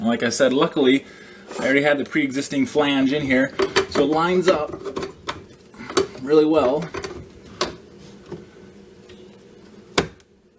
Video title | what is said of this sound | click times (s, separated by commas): HOW TO INSTALL A GARBAGE DISPOSL, UNDER 5 MIN. | it yeah snaps right in place | 10.0 s